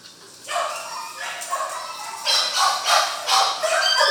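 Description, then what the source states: Dog barking, uneven bursts of yapping that start after a brief quiet moment and grow busier and louder toward the end. Barking inside a dog kennel.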